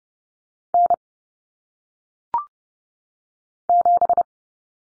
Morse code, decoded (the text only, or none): N 7